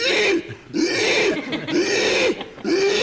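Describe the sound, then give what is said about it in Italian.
A voice imitates pigs squealing as they are slaughtered at a cured-meat factory: three loud, harsh, strained shrieks with brief gasping pauses between them, rising and falling in pitch like animals in distress. “Insomma, ammazzavano 500 maiali ogni mattina e noi avevamo proprio la presenza fonica di queste 500 uccisioni, che erano così.”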